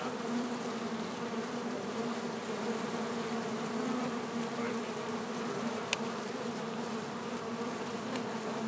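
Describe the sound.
Bees buzzing in a steady, dense drone with low humming bands and a few faint clicks.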